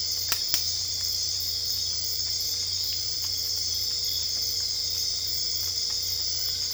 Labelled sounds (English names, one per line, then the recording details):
none
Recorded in dense forest near Puerto Asís, Putumayo, Colombia, on 22 December 2024 at 22:00
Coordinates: 0.485, -76.318
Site GP03